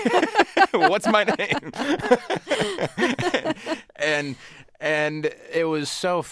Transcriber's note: laughter